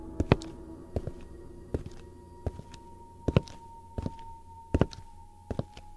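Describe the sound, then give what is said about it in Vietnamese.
Heavy, thudding footsteps coming from outside and heading inside fall at a steady walking pace, about a dozen dull strikes growing slightly louder, with a faint steady hum underneath and no voices. “Còn đang miên man suy nghĩ thì bỗng nhiên lão nghe có tiếng bước chân lịch bịch phát ra từ bên ngoài, hình như đang hướng vào bên trong.”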